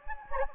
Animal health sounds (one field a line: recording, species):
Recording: mosquito wingbeat signal from an infrared sensor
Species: Anopheles gambiae